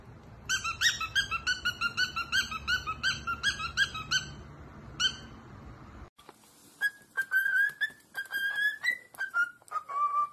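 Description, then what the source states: Cockatiel giving a rapid run of squeaky chirps over background hum, then falling quiet before sliding, whistled notes that drift slightly up and down. More than one cockatiel, singing with whistles.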